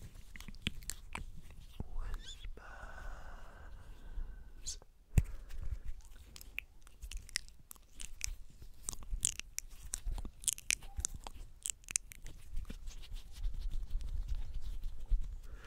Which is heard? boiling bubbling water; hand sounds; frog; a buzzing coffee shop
hand sounds